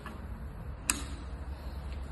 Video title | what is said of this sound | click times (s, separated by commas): Treinamento Pinbrazing Econect Safetrack | Quando você ouvir o clique, significa que está conectado. | 0.9 s